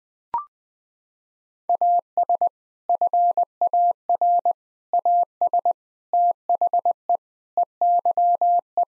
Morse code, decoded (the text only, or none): AS FAR AS THE EYE